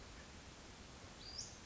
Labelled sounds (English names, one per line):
Western Flycatcher